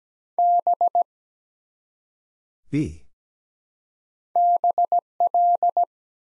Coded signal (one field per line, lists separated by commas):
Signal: Morse code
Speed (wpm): 17 wpm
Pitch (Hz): 700 Hz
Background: none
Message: B BL